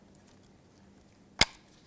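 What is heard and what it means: An old mirror switch on a 2006-2011 Chevrolet HHR is pried out of the plastic door trim panel with a pick to unlock its retaining tabs. After a quiet stretch with a faint low hum, a single sharp, bright pop sounds at 1.4 s as the tabs let go and the switch comes free.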